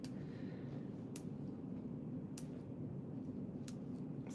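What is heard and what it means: The stroke adjustment ring on a CPTINK LT tattoo pen body is turned through its detent positions, giving sharp clicks at 0.0, 1.2, 2.4 and 3.7 seconds over a steady low hum. Each click shows the dial seating into a detent, and the stroke setting stays in place.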